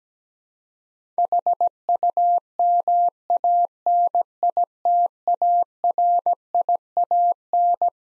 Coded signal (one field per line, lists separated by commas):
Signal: Morse code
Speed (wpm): 17 wpm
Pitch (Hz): 700 Hz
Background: none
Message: HUMANITARIAN